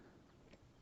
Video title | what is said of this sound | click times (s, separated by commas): Moser Battery Powered Horse Clippers Rebuild | back over there it goes that's clicked into place so now we have our motor and our bearing | 0.5 s